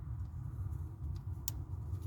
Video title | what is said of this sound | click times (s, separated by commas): 2004 Dodge Ram 1500 2wd 190k on original coils and plugs | that one did click | 1.5 s